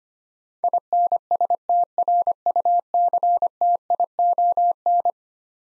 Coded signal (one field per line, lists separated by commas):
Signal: Morse code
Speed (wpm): 25 wpm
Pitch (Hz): 700 Hz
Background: none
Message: INSTRUCTION